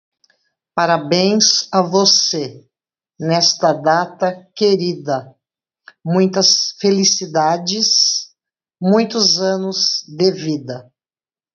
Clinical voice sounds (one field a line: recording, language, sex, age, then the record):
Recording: short text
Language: Brazilian Portuguese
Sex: female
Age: 50 to 59 years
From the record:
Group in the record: control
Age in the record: 57 years